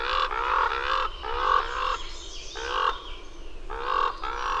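Bird uttering drawn-out harsh, rasping calls in a steady series with brief gaps.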